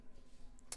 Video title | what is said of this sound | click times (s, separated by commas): JewelleryMaker LIVE 01-04-2024 | really nice and secure and you feel the click into place | 0.7 s